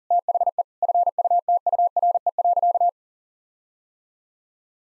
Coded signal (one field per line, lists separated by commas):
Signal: Morse code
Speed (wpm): 40 wpm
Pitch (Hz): 700 Hz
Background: none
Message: THE FUTURE.